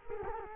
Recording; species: mosquito wingbeat signal from an infrared sensor; Culex quinquefasciatus